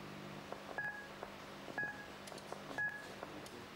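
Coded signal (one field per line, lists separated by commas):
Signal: speaking clock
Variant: Australian talking clock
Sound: three short high pips, one each second, over low hum and faint clicks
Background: telephone line hum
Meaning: The third stroke marks the exact announced time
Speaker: the third strip it will be 11:59 the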